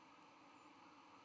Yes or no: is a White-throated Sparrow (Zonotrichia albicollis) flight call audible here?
no